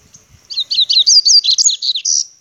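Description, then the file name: Seedeater song: a rapid, tumbling run of high sweet twittering notes lasting about two seconds. "canto do papa capim"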